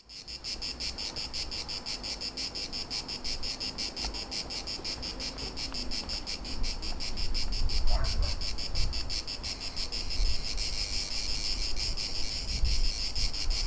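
Cicada chorus, a continuous high pulsing buzz that swells slightly toward the end, over low rumbling noise.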